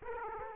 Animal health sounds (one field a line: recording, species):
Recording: mosquito wingbeat signal from an infrared sensor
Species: Aedes aegypti